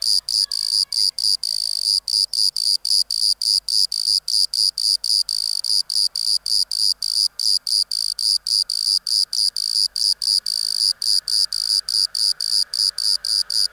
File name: Modicogryllus bordigalensis